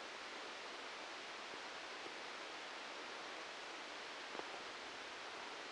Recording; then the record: brain microelectrode recording played as sound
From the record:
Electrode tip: outside the subthalamic nucleus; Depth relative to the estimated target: 2 mm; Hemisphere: left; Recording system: NeuroSet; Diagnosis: Parkinson's disease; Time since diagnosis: 13 years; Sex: male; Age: 63 years